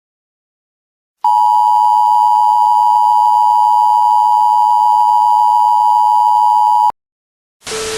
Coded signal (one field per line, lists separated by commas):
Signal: Emergency Alert System (SAME) tones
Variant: 853 and 960 Hz attention tone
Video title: EAS Tornado and Thunderstorm PRANK [LOUD NOISE]